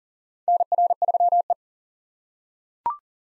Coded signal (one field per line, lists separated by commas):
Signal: Morse code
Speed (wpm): 40 wpm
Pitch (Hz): 700 Hz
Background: none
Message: NR3E